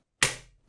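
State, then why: Released. The metal rings of a 3-ring binder holding a printed rules sheet are snapped open. Silence gives way to a single sharp, bright click at 0.2 s, which rings briefly and fades over about half a second. The rings come apart and the binder is released.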